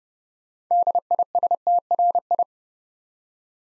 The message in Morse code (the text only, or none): DISTRI